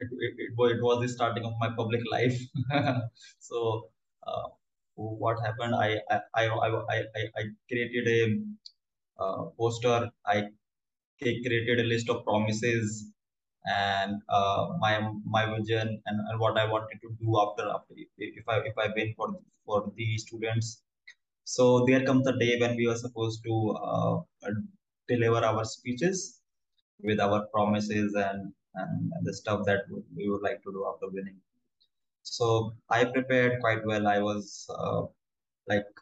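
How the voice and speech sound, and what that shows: A 26-year-old man from New Delhi, India, speaking with a stammer that began late, around age 8 or 9, never treated with speech therapy. His speech shows repeated sounds and words, such as 'i i i i' and 'my my', with frequent 'uh' fillers, prolonged sounds and pauses.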